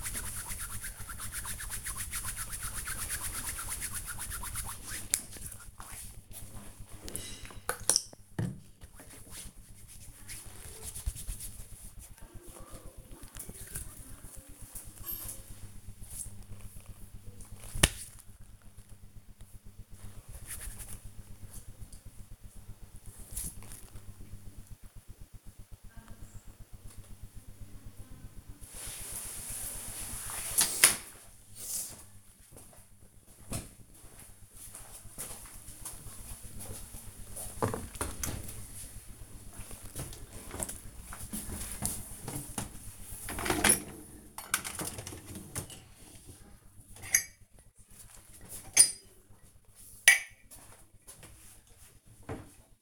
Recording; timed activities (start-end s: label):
household activities, microphone on the right wrist
0.00-25.76 s: disinfecting hands
17.69 s: note: voice
40.88-52.82 s: cleaning out the dishwasher